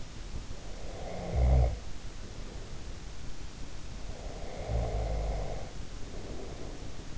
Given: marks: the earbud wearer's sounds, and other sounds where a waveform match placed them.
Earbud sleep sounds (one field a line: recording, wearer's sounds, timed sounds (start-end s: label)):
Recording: sounds in sleep by an in-ear microphone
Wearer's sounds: snoring breath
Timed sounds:
0.62-3.25 s: snoring breath
4.16-7.18 s: snoring breath